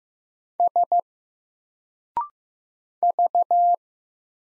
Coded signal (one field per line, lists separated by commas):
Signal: Morse code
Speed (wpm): 15 wpm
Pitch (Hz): 700 Hz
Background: none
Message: S V